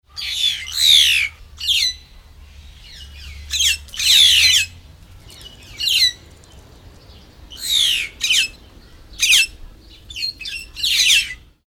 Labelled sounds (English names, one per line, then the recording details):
White-headed Buffalo-Weaver
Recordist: Tembrock, Günter
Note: Rufe